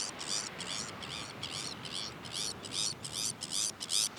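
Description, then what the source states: Sabine's gull giving harsh, grating, high calls in quick repeated bursts, about a dozen over four seconds, over a steady background hiss. Recorded on Jan Mayen on 14 July 2024.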